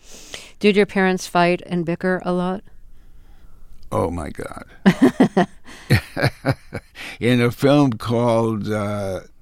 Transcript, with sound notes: Did your parents fight and bicker a lot?
Oh, my God.
(LAUGHTER)
In a film called